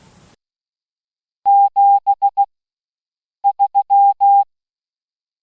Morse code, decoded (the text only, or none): 73